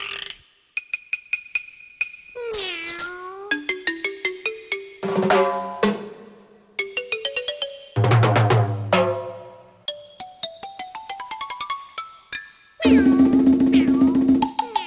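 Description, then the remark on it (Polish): A simple children's tune performed entirely in cat meows, a quick run of short, pitched mews rising and falling in a steady rhythm, with a few longer sliding notes, fairly loud. “Ładna to piosenka, niedługa. Niedługa, nie krótka, a w sam raz zaśpiewaj koteczku jeszcze raz.”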